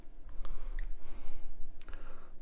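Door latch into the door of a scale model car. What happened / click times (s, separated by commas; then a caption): The small plastic latch snapped into place / 0.8 s, 1.8 s. The door latch mechanism of a 1:8 scale Shelby Cobra 427 SC model car kit is pushed into its plastic mounting in the door. Sharp clicks ring out at 0.8 s and 1.8 s, with a few fainter ticks around them, as the latch snaps home. The latch is seated in place.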